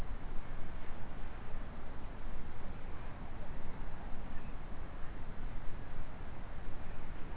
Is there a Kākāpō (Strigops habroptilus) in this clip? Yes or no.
no